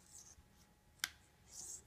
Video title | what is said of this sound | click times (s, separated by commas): Crimping MC4 Solar Connectors | that snaps in and then it's it's locked in and then do the uh do the strain relief down | 1.0 s